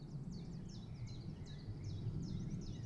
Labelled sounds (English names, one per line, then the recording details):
Common Chiffchaff
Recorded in Germany
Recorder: ecoPi